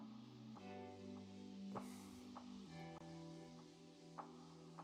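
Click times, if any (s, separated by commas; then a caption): none. A printed gantry sub-assembly part is pressed into its mount on the frame of an LDO Micron Plus 3D printer kit while steady music plays underneath. Brief handling taps come through at about 1.8, 2.4, 4.2 and 4.8 seconds. The part is only being handled, and nothing has seated or snapped into place yet.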